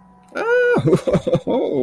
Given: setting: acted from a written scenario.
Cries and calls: vocal sound without words; positive surprise

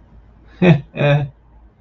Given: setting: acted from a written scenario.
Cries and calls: vocal sound without words; amusement

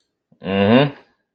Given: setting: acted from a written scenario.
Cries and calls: vocal sound without words; neutral

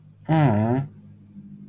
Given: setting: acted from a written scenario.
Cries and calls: vocal sound without words; sympathy

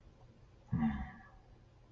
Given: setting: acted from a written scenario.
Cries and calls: vocal sound without words; sadness

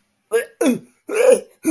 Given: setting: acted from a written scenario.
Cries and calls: vocal sound without words; disgust

